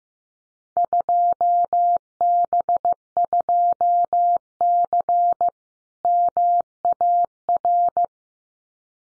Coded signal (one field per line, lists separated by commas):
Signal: Morse code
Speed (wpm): 14 wpm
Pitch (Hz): 700 Hz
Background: none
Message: 2B2C MAR